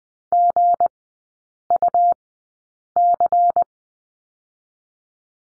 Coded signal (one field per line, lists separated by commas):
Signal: Morse code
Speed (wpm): 20 wpm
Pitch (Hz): 700 Hz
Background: none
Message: GUC